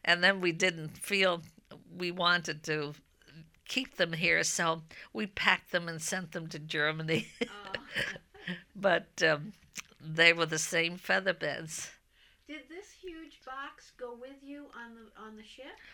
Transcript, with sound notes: And then we didn't feel we wanted to keep them here, so we packed them and sent them to Germany. ( she laughs ) But they were the same featherbeds.
Did this huge box go with you on the ship?